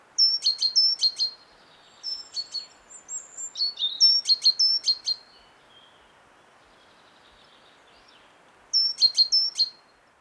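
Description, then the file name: Great tit calls: bursts of sharp high notes with buzzy chatter, repeated in three bouts separated by pauses, over a steady low hiss. "Parus major"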